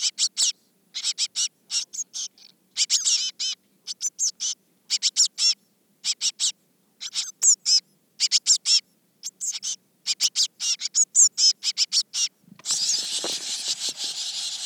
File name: Cyanistes caeruleus